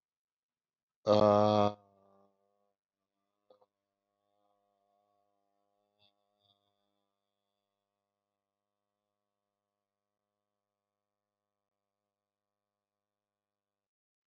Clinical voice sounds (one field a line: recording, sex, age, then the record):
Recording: vowel held as long as possible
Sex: male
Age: 50 to 59 years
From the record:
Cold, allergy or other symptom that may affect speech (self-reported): no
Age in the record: 56 years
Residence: New York, United States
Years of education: 13